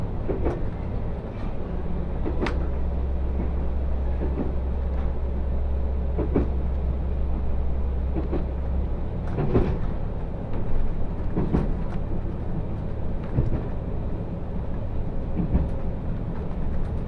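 A ride aboard the Ai Yoshinogawa trolley train on the Tokushima Line, with a steady low rumble of the moving car throughout. Sharp clacks and knocks from the wheels and carriage recur every second or two, and a low hum fades out around nine seconds.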